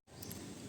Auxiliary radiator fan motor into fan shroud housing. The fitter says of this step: guys so na-lock na mahigpit lang so tulak niyo na lang ng screwdriver